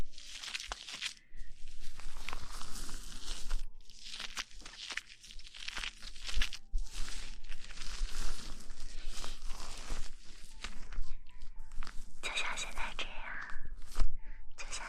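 Hair being washed with shampoo: wet, frothy scrubbing and squelching comes in dense, irregular bursts, with brief pauses near 1, 4 and 10 seconds. The rubbing stays fairly loud and hissy throughout, over a faint low steady hum.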